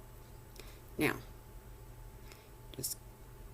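Jewelry pliers twist a metal jump ring on an earring so its two ends come together while someone talks briefly. A few faint, sharp ticks and soft handling noises are heard. The ring has not yet clicked closed or seated by the end.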